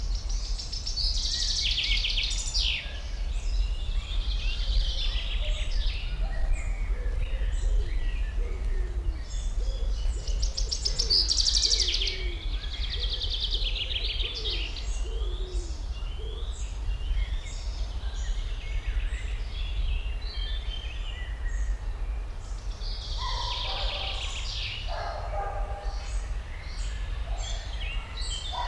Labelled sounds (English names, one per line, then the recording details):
Common Chaffinch
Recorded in the wild
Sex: male
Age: adult
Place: Botanische Anlage Blankenfelde, Berlin, DE
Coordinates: 52.603, 13.4
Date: 1993-05-30 10:07
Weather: heiter, 17°C
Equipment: Marantz CP 430, Sennheiser ME 80, Kopie Uher Variocord 263
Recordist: Tembrock, Günter